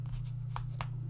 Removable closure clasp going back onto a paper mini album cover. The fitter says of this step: there we go and it just clicks back into place